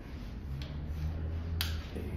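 A click-type torque wrench tightens the next bolt on a replacement engine for a Ram Promaster, set to 84. Over a low steady hum there is a faint tick at 0.6 s, then one sharp break-over click at 1.6 s, confirming the bolt has reached its torque setting.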